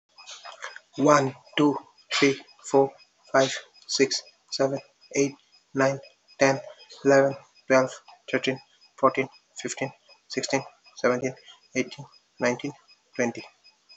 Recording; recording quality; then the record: counting at a normal pace; excellent, no background noise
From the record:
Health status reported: healthy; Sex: male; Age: 27 years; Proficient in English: yes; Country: India